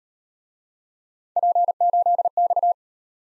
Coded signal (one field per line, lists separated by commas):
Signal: Morse code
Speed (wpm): 38 wpm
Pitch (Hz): 700 Hz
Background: none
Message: P8X